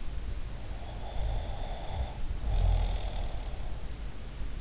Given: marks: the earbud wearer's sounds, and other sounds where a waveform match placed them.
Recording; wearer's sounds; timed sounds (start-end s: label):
sounds in sleep by an in-ear microphone; snoring breath
0.75-3.92 s: snoring breath